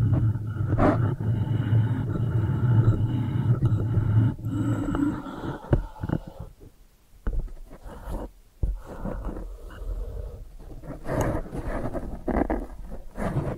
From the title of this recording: ASMR Brain Flossing (No Talking)